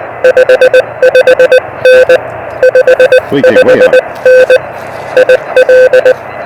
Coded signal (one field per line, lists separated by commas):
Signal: Morse code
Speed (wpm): 20 wpm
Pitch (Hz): 510 Hz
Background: none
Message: 55N 55N IL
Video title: Delta Loops and ‘Gorge’-ous Views: SOTA with Scott and Vlado!